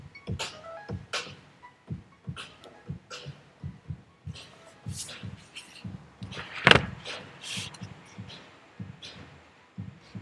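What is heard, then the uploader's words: Steady low footsteps thud through a quiet office while crisp rustling bursts come and go, with one sharp loud knock near the middle. This is what you hear when you walk through the office in SF at 5.30pm.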